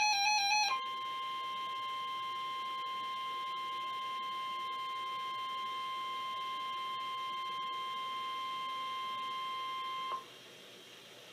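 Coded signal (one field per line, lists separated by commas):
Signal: Emergency Alert System (SAME) tones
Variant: 1050 Hz attention tone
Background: music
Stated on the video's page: Special Marine Warning relayed by a NOAA weather radio station.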